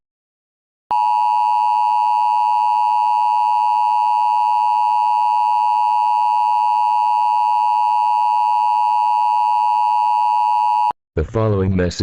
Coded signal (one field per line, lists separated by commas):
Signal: Emergency Alert System (SAME) tones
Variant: 853 and 960 Hz attention tone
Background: speech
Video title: EAS Scenario 4: Sunny's Love Virus